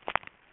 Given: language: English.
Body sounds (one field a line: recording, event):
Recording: throat vibration sensor signal played as sound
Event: swallow